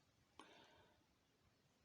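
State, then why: Seated. A metal Anglo Arms 3D Knights Cross folding knife has its blade opened, and the frame lock snaps into place with a sharp click at 0.4 s, followed by a brief fading rattle. The frame lock would not lock at first but now engages properly, and the blade is locked.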